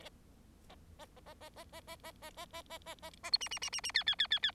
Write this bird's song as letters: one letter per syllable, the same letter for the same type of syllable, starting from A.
A A A A A A A A A A A A A A A A B C C C C C D D D D D